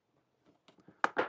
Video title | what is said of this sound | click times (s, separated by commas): Pinter Homebrewing Beer and Cider System: all you need to know from Box to final Brew | That's locked into place. | 1.0 s